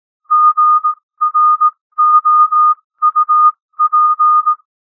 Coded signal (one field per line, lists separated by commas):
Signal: Morse code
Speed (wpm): 18 wpm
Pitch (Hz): 1230 Hz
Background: music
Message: GROUP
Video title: Improve Your Morse Code 15-18 WPM - 18-18 WPM